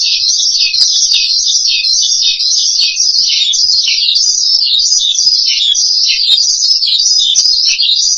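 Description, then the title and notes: Starling song, a continuous high chattering warble that rises and dips in waves without pause. "suara burung jalak"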